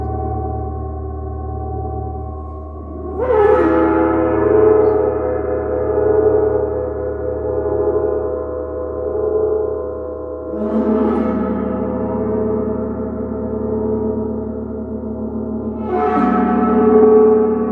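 A large gong is struck three times, near 3, 10 and 16 seconds, each blow swelling into a bright shimmering wash that rises then slowly settles. Between strikes a deep, steady hum and many ringing tones keep sustaining without ever fading to silence.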